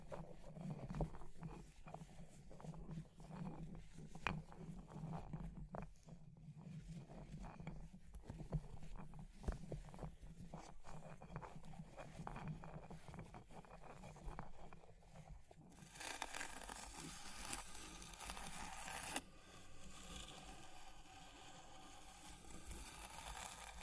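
Fire crackling with many sharp pops and small snaps scattered irregularly through the first fifteen seconds, over a low steady rumble. Around sixteen seconds a loud hissing rush takes over, easing slightly near nineteen seconds and continuing to the end.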